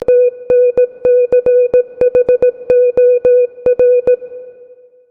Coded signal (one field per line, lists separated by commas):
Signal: Morse code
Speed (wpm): 17 wpm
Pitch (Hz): 500 Hz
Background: music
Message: TNCHOR